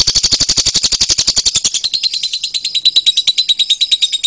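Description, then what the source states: Lovebird song opening with a dense burst of harsh, rapid chirps that then thins into lighter, high twittering notes at a steady fast pace. Lovebird called Putri Mentaya.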